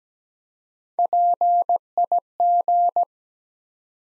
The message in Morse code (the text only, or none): PIG